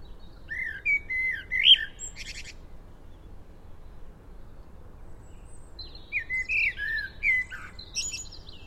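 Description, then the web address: Common blackbird song: mellow whistled notes followed by a burst of high, rasping twitter, with a second similar phrase after a pause of several seconds. "SETE Turdus merula"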